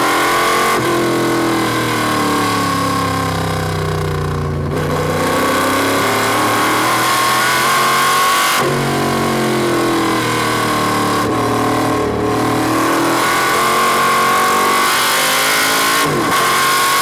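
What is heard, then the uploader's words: Loud in-car engine noise from a race Corvette, the pitch climbing steadily through each gear before dropping sharply at shifts around 5, 9, 12 and 16 seconds. The roar is dense and continuous, with a steady whine riding above it. 1976 Greenwood IMSA Corvette In-Car Audio with Jordan Taylor, Monterey. Climb inside the insane 1976 Greenwood IMSA Corvette with Corvette Racing factory driver Jordan Taylor who does his best to tame the explosive 8.8-liter V8 engine around WeatherTech Raceway Laguna Seca, and with a failing clutch adding to the challenge.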